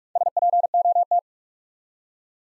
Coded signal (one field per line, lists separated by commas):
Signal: Morse code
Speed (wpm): 44 wpm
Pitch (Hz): 700 Hz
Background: none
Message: SPOT